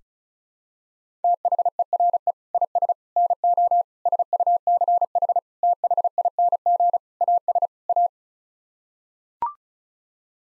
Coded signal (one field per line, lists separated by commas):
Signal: Morse code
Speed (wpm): 36 wpm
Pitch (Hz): 700 Hz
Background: none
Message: THERE IS NO SUCH THING AS A